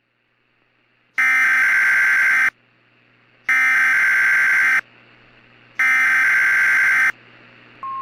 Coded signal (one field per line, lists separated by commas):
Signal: Emergency Alert System (SAME) tones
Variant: header bursts